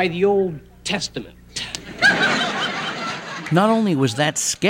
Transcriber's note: laughter